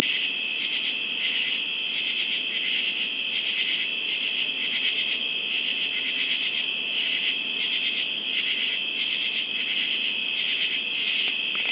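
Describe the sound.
Cicada call, a steady high buzzing drone with faint regular pulses throughout, no other clear sounds.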